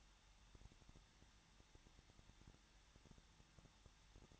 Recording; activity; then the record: daily activity, microphone in the room; no activity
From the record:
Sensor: 3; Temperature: 21.2 degrees Celsius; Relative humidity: 36.3%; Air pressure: 1006.3 hPa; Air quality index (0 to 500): 222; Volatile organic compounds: 41 ppm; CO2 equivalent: 3166 ppm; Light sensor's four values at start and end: 2/3/2/2 and 2/3/2/2